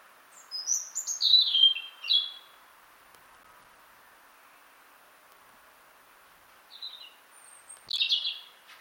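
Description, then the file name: European robin singing thin, high, varied phrases of quick twittering notes, one burst early and two shorter ones near the end, with silence between. "Erithacus rubecula"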